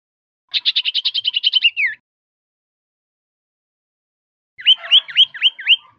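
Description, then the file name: Common iora calls: a fast, even pulsed trill ending in a downslurred note, then after a pause several sharp notes that dip and rise again. Common iora whistling, used as a lure (pancingan). "siulan cipo untuk pancingan"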